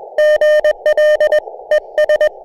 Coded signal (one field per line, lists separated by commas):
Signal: Morse code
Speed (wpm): 20 wpm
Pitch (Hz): 610 Hz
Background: none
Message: GL ES